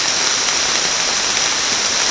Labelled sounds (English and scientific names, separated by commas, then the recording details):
none
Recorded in secondary vegetation near Puerto Asís, Putumayo, Colombia, on 28 February 2025 at 17:30
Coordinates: 0.484, -76.319
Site G010